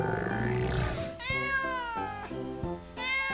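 A cat meows several times in a row, the longest cry sliding downward in pitch, followed by shorter, sharper mews. The calls are loud and clear, with no talking.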